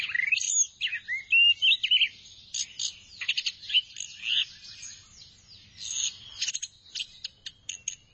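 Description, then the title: Thrush delivering a busy, jumbled song of fast high chirps, slides and scratchy notes with brief pauses, several loud bursts early on. "burung anis x"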